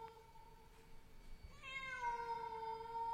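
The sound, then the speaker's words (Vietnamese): A stray cat running past outdoors at night lets out a long, drawn-out wail, a steady tonal cry that swells and grows richer in overtones halfway through, sounding eerily like a crying infant. No one speaks. “Con mèo kêu lên những tiếng nghe thê thiết, mơ mơ hồ hồ cứ như là tiếng trẻ con khóc vậy.”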